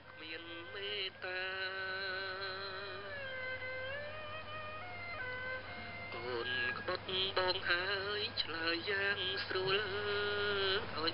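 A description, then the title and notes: A male voice sings with a bowed tro fiddle, heard over shortwave radio, the melody sliding and wavering in long held notes. Sound is thin and cut off above the middle treble, with a steady low hum underneath and busier, louder phrases after six seconds. Cambodia Music (male singing with tro accompaniment) heard on shortwave radio in Siem Reap, Cambodia.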